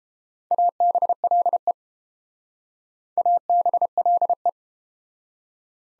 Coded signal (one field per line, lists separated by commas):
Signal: Morse code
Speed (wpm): 31 wpm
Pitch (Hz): 700 Hz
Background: none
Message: ABLE ABLE